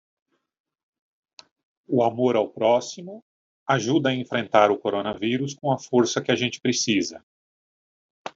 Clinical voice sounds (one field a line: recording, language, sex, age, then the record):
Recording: spoken sentence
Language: Brazilian Portuguese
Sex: male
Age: 50 to 59 years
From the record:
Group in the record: control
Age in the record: 57 years